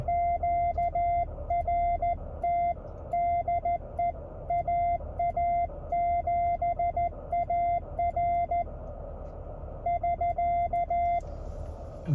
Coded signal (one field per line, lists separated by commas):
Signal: Morse code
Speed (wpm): 14 wpm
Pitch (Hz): 690 Hz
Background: none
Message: QRT DE AA7AR <SK>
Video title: A check of the K1 QRP go-kit from the car